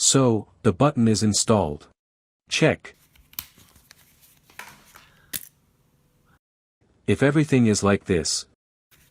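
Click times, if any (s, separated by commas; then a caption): none. Someone talks over a newly installed snap button cap and socket on a leather wallet as the button is handled to test it. Between the speech come faint handling sounds with a few brief, sharp ticks. The snap has not clasped shut or clicked yet.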